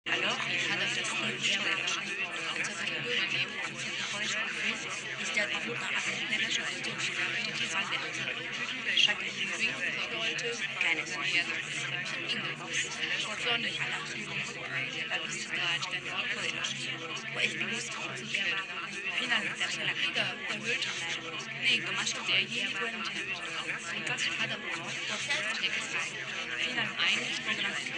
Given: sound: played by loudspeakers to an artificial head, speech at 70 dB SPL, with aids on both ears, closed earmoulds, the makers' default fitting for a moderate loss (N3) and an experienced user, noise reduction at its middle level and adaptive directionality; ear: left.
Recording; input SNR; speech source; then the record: speech test signal (ISTS) in cocktail-party noise; -6 dB; in front (0 degrees)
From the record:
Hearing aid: class 2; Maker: G